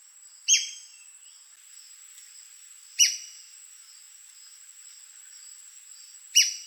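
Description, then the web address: White-crested spadebill: three loud, buzzy downslurred squeaks about three seconds apart, with a continuous shrill hum behind. "sound White-crested-spadebill. دانلود-صدای-پرنده-بیلچه-نوک-کاکل-سفید"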